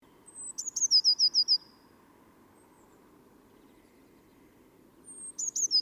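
Eurasian blue tit phrase of a sharp high note and a rapid trill of falling notes, then a long pause before another phrase starts at the end, with steady low background noise.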